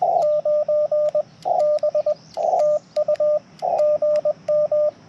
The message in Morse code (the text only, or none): 9 B TU GM